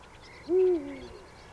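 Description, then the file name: Eurasian eagle-owl hooting once, a single deep, low, steady note lasting about a third of a second over quiet background hiss. Recorded at Landshut on 28 February 2015. "Uhu 28 02 2015 Landshut Susanne Rieck"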